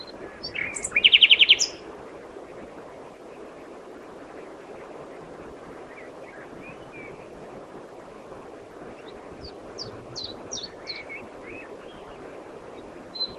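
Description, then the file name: Common nightingale song: a brief burst of rapid repeated notes near the start, then quiet background hiss, with softer scattered whistled notes returning later. "Luscinia megarhynchos"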